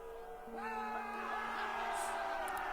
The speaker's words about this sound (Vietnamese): Tiếng reo hò rền vang như là sấm động.